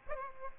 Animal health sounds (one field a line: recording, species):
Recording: mosquito wingbeat signal from an infrared sensor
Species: Aedes aegypti